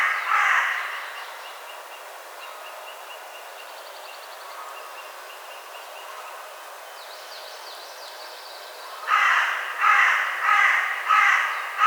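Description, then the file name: Carrion crow giving a harsh caw at the start, then several rapid hoarse caws near the end, with faint thin high calls between. "Corvus corone"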